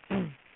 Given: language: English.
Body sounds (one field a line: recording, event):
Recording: throat vibration sensor signal played as sound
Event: throat clearing